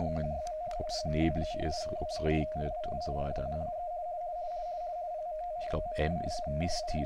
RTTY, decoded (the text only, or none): 16. PPZ: W-NW 2-3 PMT M DI